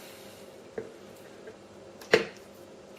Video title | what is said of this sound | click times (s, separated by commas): Nauticam AD Lenses Connection | wait until it clicks sorry | 2.1 s